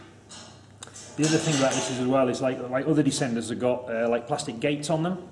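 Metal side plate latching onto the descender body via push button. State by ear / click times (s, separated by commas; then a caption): seated / 0.8 s. The metal side plate of a rope rescue descender is closed and its push-button safety latch clicks into place at 0.8 s, a sharp click that serves as an audible sign that it is locked. After the click, a man talks over faint background sounds.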